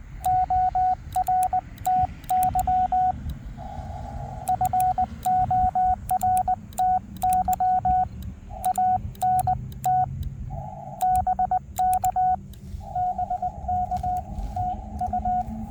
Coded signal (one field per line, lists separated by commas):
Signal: Morse code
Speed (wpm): 20 wpm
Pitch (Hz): 730 Hz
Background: radio noise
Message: ORTY FORTY ANT BK BK TU